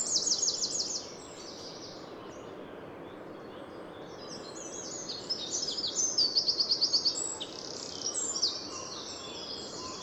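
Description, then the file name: Eurasian wren song, a high rapid trill at the opening, then a second bright rattling trill later on, over background hiss. "Troglodytes troglodytes"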